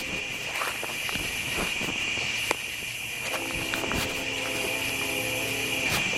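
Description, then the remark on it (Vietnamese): Irregular, soft human footsteps crunch along in a forest over a steady high-pitched buzz of insects, with a faint low hum underneath and no voices. “Tôi nghe tiếng bước chân người đi bên đây.”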